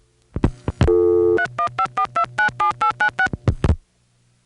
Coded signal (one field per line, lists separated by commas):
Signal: DTMF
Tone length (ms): 90 ms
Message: 3154297896